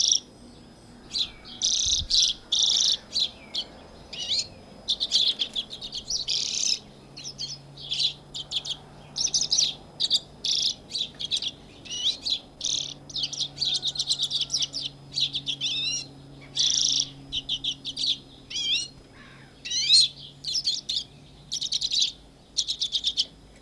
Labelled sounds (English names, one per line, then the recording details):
Common Redpoll song
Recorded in captivity
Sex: male
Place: Bergen, Insel Rügen, Mecklenburg-Vorpommern, DE
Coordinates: 54.415, 13.426
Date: 1976-04-03
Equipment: Nagra III BH, Sennheiser MD 21
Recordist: Schubert, Michael